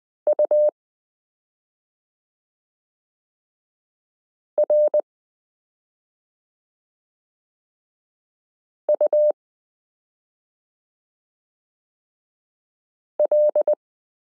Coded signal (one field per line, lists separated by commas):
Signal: Morse code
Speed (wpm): 20 wpm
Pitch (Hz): 600 Hz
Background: none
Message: URUL